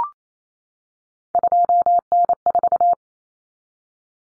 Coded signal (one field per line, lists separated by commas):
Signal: Morse code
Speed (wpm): 28 wpm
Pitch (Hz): 700 Hz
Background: none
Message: 2N4